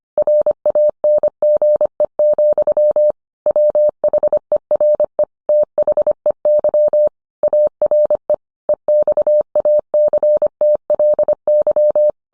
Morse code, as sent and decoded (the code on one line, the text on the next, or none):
.-. .- -. --. . --..-- / .-- .... . .-. . / - .... . -.-- / .- .-. . / . -..- .- -.-. - .-.. -.--
RANGE, WHERE THEY ARE EXACTLY